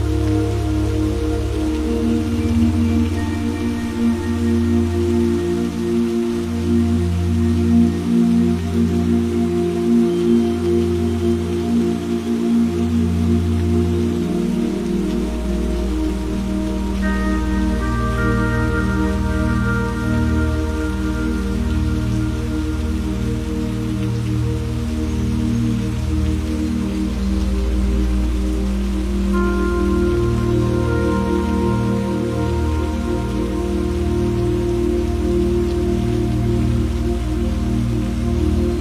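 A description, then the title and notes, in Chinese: Gentle rain, steady and even in loudness from start to finish, sits under a deep, constant low hum. Soft sustained tones hold throughout, shifting pitch around 15, 17 and 29 seconds, with no sharp individual drops standing out. 温柔的雨声。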